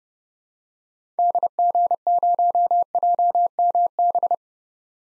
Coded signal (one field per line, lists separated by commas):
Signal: Morse code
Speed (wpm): 32 wpm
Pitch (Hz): 700 Hz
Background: none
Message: DG0JMB